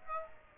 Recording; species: mosquito wingbeat signal from an infrared sensor; Aedes aegypti